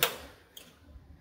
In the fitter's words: very quick there's a second one below the expansion module down until I hear a click